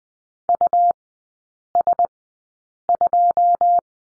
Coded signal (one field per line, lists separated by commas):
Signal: Morse code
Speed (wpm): 20 wpm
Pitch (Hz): 700 Hz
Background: none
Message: US2